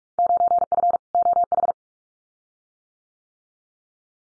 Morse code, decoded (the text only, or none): 9F OH